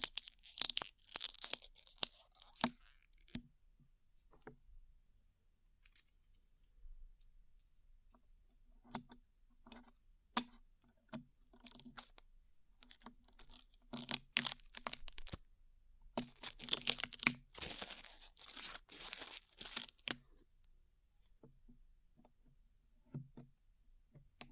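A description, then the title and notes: Glue being peeled off the ears, heard as sticky tearing and crinkling crackles. A dense burst opens the first three seconds, then a near-silent stretch, then scattered crackles from about nine seconds building to a thick, bright flurry around sixteen to twenty seconds before thinning out. ASMR Peeling Glue Off Your Ears (No Talking).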